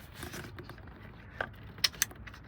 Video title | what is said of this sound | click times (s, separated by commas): Audi A4 - How to replace thermostat & fix overheating and coolant leak problems. Step by step guide. | Till it clicks, you should hear that click. | 1.9 s, 2.0 s